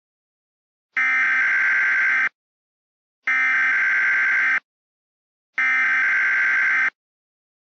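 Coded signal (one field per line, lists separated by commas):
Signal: Emergency Alert System (SAME) tones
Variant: header bursts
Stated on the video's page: Fictional EAS scenario, not a real alert.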